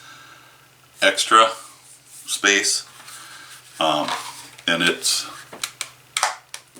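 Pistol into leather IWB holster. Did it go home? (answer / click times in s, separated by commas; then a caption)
yes / 6.2 s. Someone talks while a Hellcat pistol is pushed into a freshly formed leather inside-the-waistband holster. A few small clicks are followed by a sharp snap at 6.2 s as the pistol seats in the holster with a good, snug fit.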